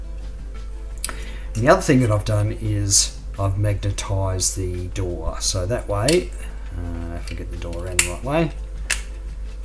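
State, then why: Seated. Someone talks while fitting a magnetized plastic battery-access door onto the back of a plastic Hasegawa 1/72 Regult (Standard Type) scale-model body. The door snaps into place on its magnets with a single sharp snap at 8.9 s, seated.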